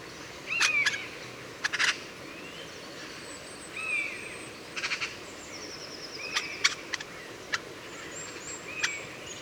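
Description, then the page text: Eurasian jay song of short harsh bursts mixed with whistled upslurs and a brief buzzy rattle, spaced irregularly over a constant hiss. Two singing birds, recorded near Leipzig, Germany, March 2009. "Eurasian Jay – Patrick Franke. March 2009 Two singing Eurasian Jays Garrulus glandarius, recorded in the vicinity. Eurasian Jay Garrulus glandarius, Leipzig, Germany"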